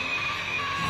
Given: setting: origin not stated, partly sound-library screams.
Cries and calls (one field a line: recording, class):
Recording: one-second piece from a danger detection set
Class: woman in danger